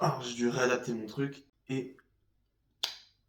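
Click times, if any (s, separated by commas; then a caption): 2.8 s. Someone talks, then two large 3D-printed plastic LEGO-style parts of a giant Simba head are pushed together. They lock with one sharp click at 2.8 s, and the brick is seated.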